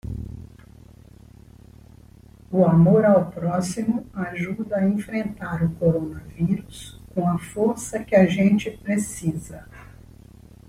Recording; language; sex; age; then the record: spoken sentence; Brazilian Portuguese; female; 60 to 69 years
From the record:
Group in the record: control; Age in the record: 61 years